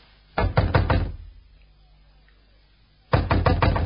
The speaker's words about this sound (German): 2 Männer, einer groß, einer klein, stehen vor Zimmer 367. Sie sehen sich um. Alles ist ruhig. Der Kleine zeigt auf die Tür. Der Große nickt und klopft. Pause. Niemand da?